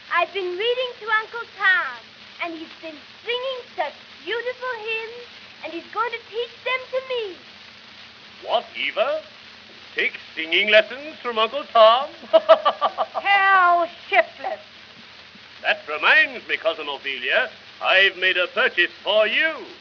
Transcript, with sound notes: I've been reading to Uncle Tom and he's been singing such beautiful hymns and he's going to teach them to me.
What, Eva? Take singing lessons from Uncle Tom? [laughs]
How shiftless!
That reminds me, Cousin Ophelia, I've made a purchase for you.